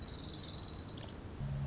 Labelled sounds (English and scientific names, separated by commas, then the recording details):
Orange-crowned Warbler (Leiothlypis celata)
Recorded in Sonoma County, California